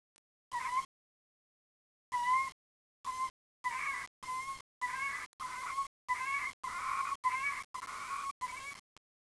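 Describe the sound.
Frog calling with a series of short tonal notes, spaced irregularly with silent gaps between.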